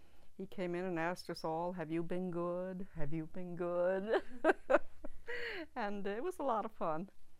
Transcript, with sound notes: he came in and asked us all "Have you been good? Have you been good?" (she laughs) and it was a lot of fun.